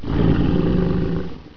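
A single loud, low, rattling snore lasting about a second and a half, steady in pitch and fading at the end, from an adult sleeper: the vibration of the soft tissues of the throat during sleep breathing.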